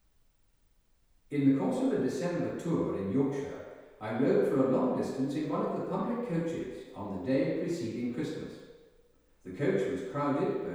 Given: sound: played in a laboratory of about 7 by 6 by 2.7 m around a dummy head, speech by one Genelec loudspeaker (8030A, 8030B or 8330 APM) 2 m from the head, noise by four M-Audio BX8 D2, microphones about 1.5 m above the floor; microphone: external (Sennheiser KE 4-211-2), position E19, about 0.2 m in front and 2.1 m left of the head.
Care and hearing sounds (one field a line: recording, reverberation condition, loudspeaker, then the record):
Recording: male speech in English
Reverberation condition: high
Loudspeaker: 150 degrees to the right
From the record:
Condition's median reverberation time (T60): about 1300 ms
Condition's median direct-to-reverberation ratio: about -4.0 dB